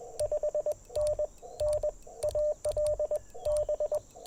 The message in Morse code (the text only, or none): 5NN AL B